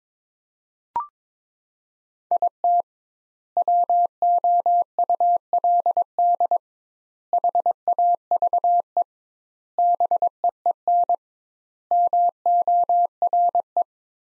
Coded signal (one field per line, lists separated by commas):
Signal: Morse code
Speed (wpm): 22 wpm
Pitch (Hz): 700 Hz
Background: none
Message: IT WOULD HAVE BEEN MORE